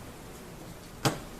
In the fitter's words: sure this snaps into place